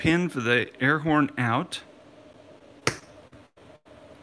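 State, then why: Released. Someone talks, then a pointed screwdriver pushes the bottom end of the air horn's pin in the cab of a plastic die-cast model truck. The air horn pops out of its hole with a sharp pop at 2.9 s, and it is released.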